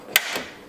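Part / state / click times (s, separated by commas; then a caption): engine lid gas strut end onto its lower ball stud / seated / 0.2 s. On a 2000 Porsche 911 (996), the end of an engine lid gas strut is fitted around its lower metal ball stud, and the spring clip is moved up to snap it on. A sharp, loud click at 0.2 s marks the strut end seating onto the stud, followed by a fainter second tick around 0.4 s. The strut end is confirmed seated.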